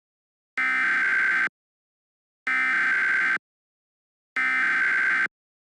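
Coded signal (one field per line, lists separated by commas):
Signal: Emergency Alert System (SAME) tones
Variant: header bursts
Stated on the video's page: Fictional EAS scenario.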